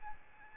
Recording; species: mosquito wingbeat signal from an infrared sensor; Aedes albopictus